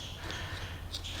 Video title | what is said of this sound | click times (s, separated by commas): How to replace cabin air filter SCION TC | Did you hear that? Click. | 0.3 s